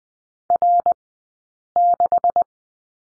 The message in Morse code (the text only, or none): R6